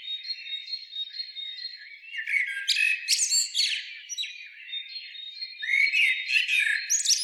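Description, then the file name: Common blackbird calls, a soft thin whistle first, then loud scratchy chattering bursts near the three-second mark and again toward the end. "Turdus merula"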